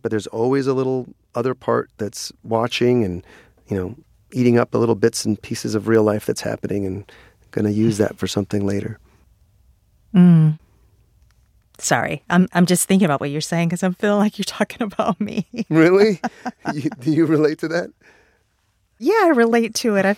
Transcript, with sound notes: But there's always a little other part that's watching and, you know, eating up the little bits and pieces of real life that's happening and going to use that for something later. Sorry, I'm just thinking about what you're saying because I feel like you're talking about me (laughter) Really? Do you relate to that? Yeah, I relate to it.